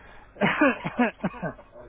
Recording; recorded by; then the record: voluntary cough; telephone call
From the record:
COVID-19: positive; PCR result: checked with the laboratory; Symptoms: yes